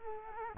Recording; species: mosquito wingbeat signal from an infrared sensor; Culex quinquefasciatus